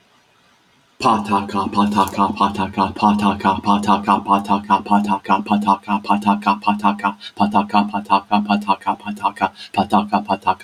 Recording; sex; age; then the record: repeated syllables /pa ta ka/; male; 30 to 39 years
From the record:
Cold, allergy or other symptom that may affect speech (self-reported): no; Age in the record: 36 years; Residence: California, United States